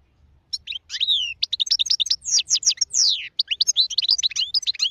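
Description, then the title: European goldfinch delivering a lively, fast medley of tinkling chirps, slurred whistles and quick trills, very clear against a quiet background. Wild goldfinch; singing, described as the most beautiful song. "اجمل غناءالحسون الخلويchant chardonneret sauvage"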